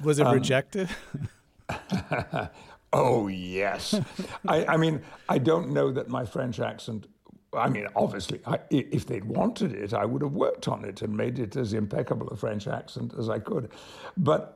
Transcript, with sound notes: So was it rejected?
(Laughter) Oh, yes. I mean, I don't know that my French accent - I mean, obviously, if they'd wanted it, I would have worked on it and made it as impeccable a French accent as I could.